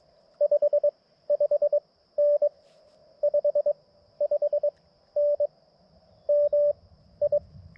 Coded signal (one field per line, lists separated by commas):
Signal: Morse code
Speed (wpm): 21 wpm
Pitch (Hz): 590 Hz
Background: none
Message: 55N 55N MI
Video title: CW POTA at K-5088 with the MTR-4B and the WRC Sporty Forty antenna system